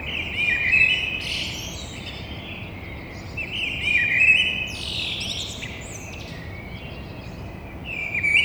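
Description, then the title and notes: Eurasian blackbird delivering rich whistled phrases that break into sharp high-pitched twitters, with a continuous low noise beneath. In a courtyard between two windows, Grand Rond, Toulouse, France; Thursday 9 April at 6:30 in the morning. "Merle noir côté cour. Entre mes deux fenêtres Un merle noir toulousain, fenêtre sur cour jeudi 09 avril 6:30 Toulouse - Grand Rond"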